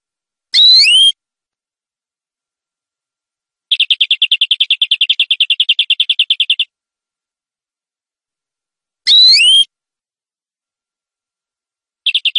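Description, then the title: Canary song mixing short rising whistled notes with a long fast rolling trill, phrases spaced by silent gaps; no other sounds. Champion singing canary, ranked first at a competition. "Suara Kenari Gacor Suara Kicau Burung Kenari Gacor Juara 1"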